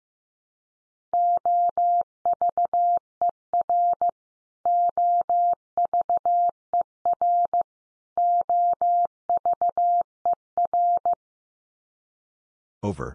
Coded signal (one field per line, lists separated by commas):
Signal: Morse code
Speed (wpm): 15 wpm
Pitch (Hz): 700 Hz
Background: none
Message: OVER OVER OVER